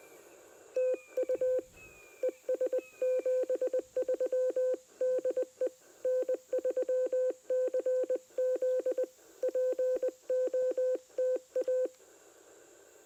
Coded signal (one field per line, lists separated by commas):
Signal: Morse code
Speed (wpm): 20 wpm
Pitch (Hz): 510 Hz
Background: none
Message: TU ES 73 DE N3CZ POTA